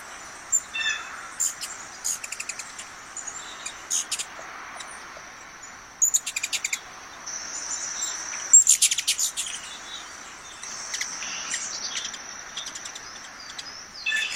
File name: Canto do beija flor da garganta vermelha